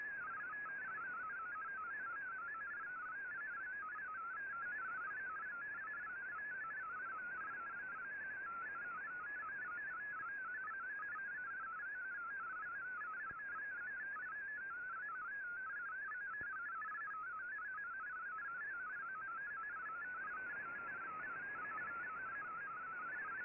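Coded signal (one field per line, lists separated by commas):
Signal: multi-tone FSK (Olivia or MFSK type)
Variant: MFSK32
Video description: Here is my decode of the Shortwave Radiogram broadcast today on 15770Khz shortwave radio at 1300UTC in MFSK32 and 64 with 9 SSTV images.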